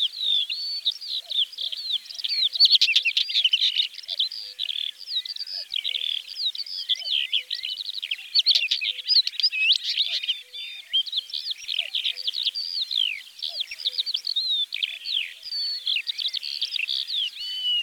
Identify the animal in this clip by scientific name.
Oenanthe oenanthe